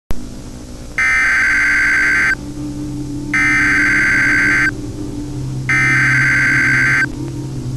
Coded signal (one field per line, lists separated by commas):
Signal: Emergency Alert System (SAME) tones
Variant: header bursts